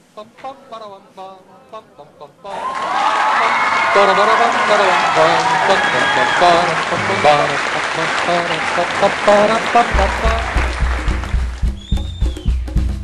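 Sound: audience applause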